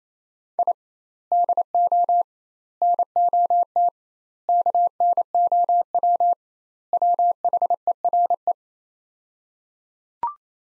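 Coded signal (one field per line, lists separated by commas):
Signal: Morse code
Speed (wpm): 28 wpm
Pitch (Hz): 700 Hz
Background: none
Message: I DO NOT KNOW WHERE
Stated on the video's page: Practice sets of five words at 28 wpm with 2x word spacing, a Farnsworth-like method applied to words.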